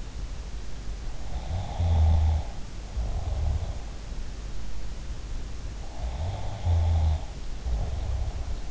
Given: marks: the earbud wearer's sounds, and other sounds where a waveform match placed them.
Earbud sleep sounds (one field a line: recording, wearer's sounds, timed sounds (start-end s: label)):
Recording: sounds in sleep by an in-ear microphone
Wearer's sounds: snoring breath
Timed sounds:
1.38-3.87 s: snoring breath
5.94-8.71 s: snoring breath